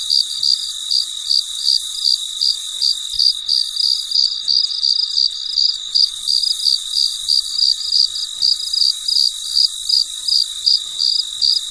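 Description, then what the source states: Cricket chirping, high bright pulses repeated about three times a second, with a faint continuous hiss underneath. Recorded late at night; the night is described as very quiet.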